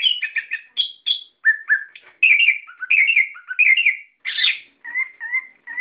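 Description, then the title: Bird song of quick varied chirps and short whistled notes, some slurred down, delivered in rapid bursts with brief pauses, ending in a few lower repeated whistles. "SuaraBurung Kicau4"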